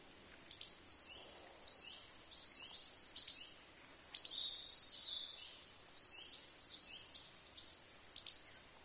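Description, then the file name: Coal tit giving several bursts of thin, high twittering notes, busy and jumbled, separated by short pauses. "higara"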